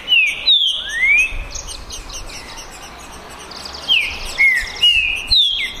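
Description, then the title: Green-winged saltator whistling short slurred notes in two bursts, rising and falling, with faint twittering birds and soft background noise. Song contest between two birds, Naval vs Demolidor, 2022 season; birds calling, singing and showing male display ('macheando') in the dispute. "É UMA DISPUTA DE TRINCA FERRO PERFEITA!! NAVAL VS DEMOLIDOR 2022!"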